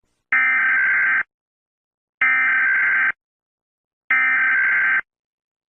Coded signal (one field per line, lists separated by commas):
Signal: Emergency Alert System (SAME) tones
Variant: header bursts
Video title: The Z Virus - an EAS scenario